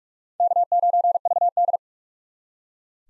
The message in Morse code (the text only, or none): K9VD